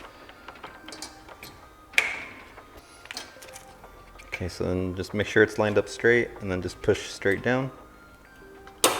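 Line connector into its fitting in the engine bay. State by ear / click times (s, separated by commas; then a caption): seated / 8.8 s. A line connector is lined up straight and pushed straight down into its fitting in the engine bay of a G35 during AC repair work. Someone talks while faint clicks and taps are heard, then a sharp click at 8.8 s as the connector seats into place.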